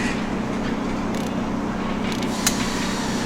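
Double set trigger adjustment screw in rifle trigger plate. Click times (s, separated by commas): 2.5 s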